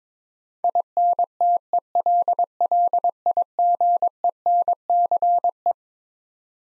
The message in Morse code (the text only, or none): INTELLIGENCE